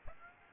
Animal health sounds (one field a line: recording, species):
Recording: mosquito wingbeat signal from an infrared sensor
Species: Aedes aegypti